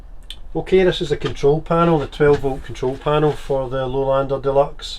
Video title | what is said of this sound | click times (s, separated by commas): Luxury 4-berth Motorhome Lowlander Deluxe - Open Road Scotland | and then let it click back in | 0.3 s